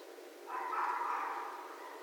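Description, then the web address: Red fox call, a single hoarse drawn-out cry lasting about a second and a half, harsh and scratchy, against steady background hiss. Recorded 6 January 2012. "Red Fox 2012 01 06"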